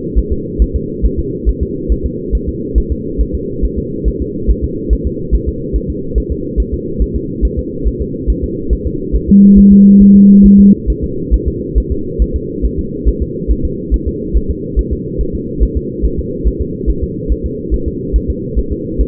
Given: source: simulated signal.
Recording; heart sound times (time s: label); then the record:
fetal heart sounds
0.19 s: S1
0.32 s: S2
0.62 s: S1
0.76 s: S2
1.05 s: S1
1.19 s: S2
1.49 s: S1
1.63 s: S2
1.92 s: S1
2.06 s: S2
2.35 s: S1
2.49 s: S2
2.78 s: S1
2.92 s: S2
3.21 s: S1
3.35 s: S2
3.65 s: S1
3.78 s: S2
4.08 s: S1
4.22 s: S2
4.50 s: S1
4.64 s: S2
4.93 s: S1
5.07 s: S2
5.35 s: S1
5.48 s: S2
5.76 s: S1
5.90 s: S2
6.18 s: S1
6.32 s: S2
6.60 s: S1
6.74 s: S2
7.02 s: S1
7.16 s: S2
7.45 s: S1
7.59 s: S2
7.88 s: S1
8.01 s: S2
8.30 s: S1
8.44 s: S2
8.73 s: S1
8.87 s: S2
9.16 s: S1
9.29 s: S2
9.59 s: S1
9.72 s: S2
10.02 s: S1
10.16 s: S2
10.46 s: S1
10.60 s: S2
10.90 s: S1
11.04 s: S2
11.34 s: S1
11.48 s: S2
11.78 s: S1
11.92 s: S2
12.22 s: S1
12.36 s: S2
12.65 s: S1
12.79 s: S2
13.08 s: S1
13.22 s: S2
13.51 s: S1
13.65 s: S2
13.94 s: S1
14.08 s: S2
14.36 s: S1
14.51 s: S2
14.79 s: S1
14.93 s: S2
15.21 s: S1
15.35 s: S2
15.63 s: S1
15.77 s: S2
16.05 s: S1
16.19 s: S2
16.47 s: S1
16.61 s: S2
16.90 s: S1
17.03 s: S2
17.32 s: S1
17.46 s: S2
17.74 s: S1
17.88 s: S2
18.16 s: S1
18.30 s: S2
18.59 s: S1
18.72 s: S2
19.01 s: S1
From the record:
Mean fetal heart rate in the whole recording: 140 bpm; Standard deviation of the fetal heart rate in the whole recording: 2 bpm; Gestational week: 34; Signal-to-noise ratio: -6.6 dB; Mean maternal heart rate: 72 bpm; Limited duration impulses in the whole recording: present